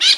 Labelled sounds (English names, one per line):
Brown-throated Parakeet contact call